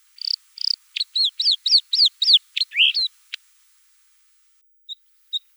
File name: Luscinia svecica